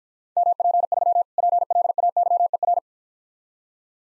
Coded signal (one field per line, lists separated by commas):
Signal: Morse code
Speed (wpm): 52 wpm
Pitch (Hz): 700 Hz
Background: none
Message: MP3 PLAYER